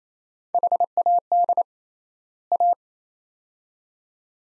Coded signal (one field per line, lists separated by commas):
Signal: Morse code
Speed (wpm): 28 wpm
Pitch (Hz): 700 Hz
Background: none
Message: HAD A